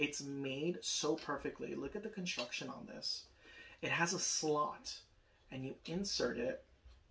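Someone talks while handling a custom-made 3D-printed plastic piece of a marionette display stand, lining it up to insert into the slot of its slotted base. The part has not gone home yet, and nothing has seated or clicked.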